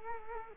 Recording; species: mosquito wingbeat signal from an infrared sensor; Culex quinquefasciatus